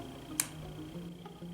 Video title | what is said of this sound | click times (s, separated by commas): ORAL-B VITALITY REVIEW & HOW TO USE AN ELECTRIC TOOTHBRUSH | it's very easy it just slides on and clicks into place | 0.4 s